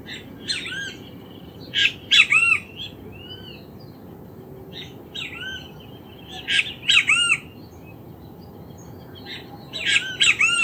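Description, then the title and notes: Great kiskadee calls in loud, harsh squawking bursts of three or four notes, a few bursts separated by pauses, with a few thinner whistles between and a steady low background hum. Calling in ambient sound near the Iyuí stream, Casavalle, Montevideo, Uruguay, recorded 7 October 2019. "Sonido ambiente con canto de Benteveos. Recopilado el 7 de octubre de 2019 en las inmediaciones de la cañada Iyuí (Casavalle, Montevideo - Uruguay), para el Proyecto CasavalleDigital"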